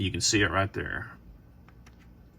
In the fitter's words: see how that magazine doesn't click up quite as high